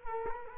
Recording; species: mosquito wingbeat signal from an infrared sensor; Culex quinquefasciatus